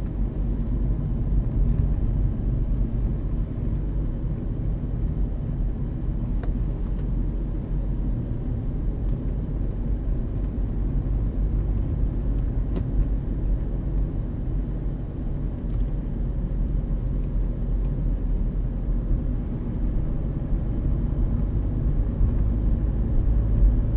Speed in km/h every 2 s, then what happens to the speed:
23, 22, 21, 22, 23, 23, 22, 20, 20, 20, 23, 27.
0-18 steady at about 22. 18-24 speeds up to 27.